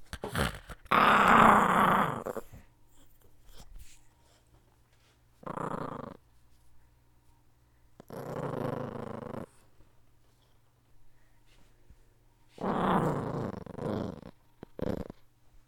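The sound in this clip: Dog growling: rough, rumbling growls in several bursts under two seconds long, mostly separated by quiet gaps of a few seconds, the first loudest.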